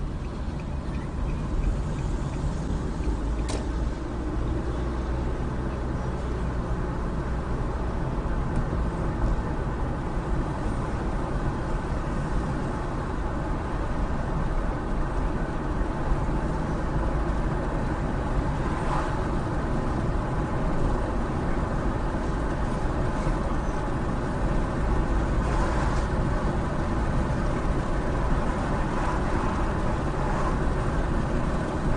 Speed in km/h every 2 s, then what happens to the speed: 26, 35, 44, 48, 50, 52, 55, 55, 58, 60, 60, 60, 61, 63, 64, 66.
0-32 speeds up to 66.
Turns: none.